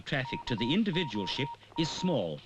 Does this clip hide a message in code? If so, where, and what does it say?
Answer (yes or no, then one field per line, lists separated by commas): yes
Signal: Morse code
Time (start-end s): 0.3-2.1 s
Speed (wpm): 22 wpm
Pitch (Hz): 940 Hz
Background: speech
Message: KOM